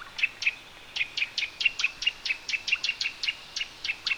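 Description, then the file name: Eurasian nuthatch calling with a steady series of clear, sharp notes, evenly spaced after a brief pause near the start. "Sitta europaea"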